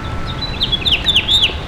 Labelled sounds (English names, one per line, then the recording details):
House Finch song
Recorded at Baldwin on Long Island, New York, on 28 May 2013
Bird I